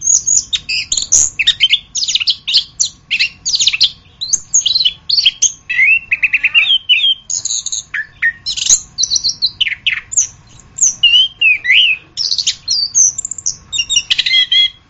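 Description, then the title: Orange-headed thrush singing a long, varied song of high whistles, slurred notes and harsh chirps in quick bursts separated by short gaps. "anis kembang"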